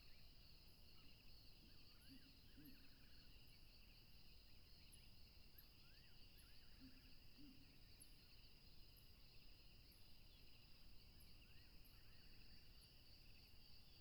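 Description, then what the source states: Cricket chorus forms an even high-pitched drone, while thin very high ticks repeat and short bird phrases and low notes break in. Chorus of crickets recorded along a tropical river.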